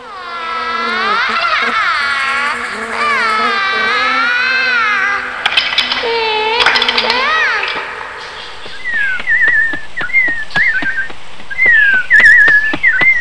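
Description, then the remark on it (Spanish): Someone whistles in imitation of a small bird's call: long, wavering, quivering tones at first, then a series of short, high, chirping phrases with sharp clicks between them. “Corre por la selva imitando el sonido de un pajarito.”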